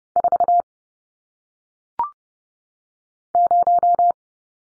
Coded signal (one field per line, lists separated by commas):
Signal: Morse code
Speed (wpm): 30 wpm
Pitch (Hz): 700 Hz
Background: none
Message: 4 0